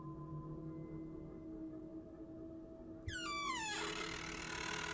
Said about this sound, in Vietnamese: Tôi từ từ kéo cánh cửa, tiếng bản lề cũ kỹ kêu lên ken két đến rợn cả người.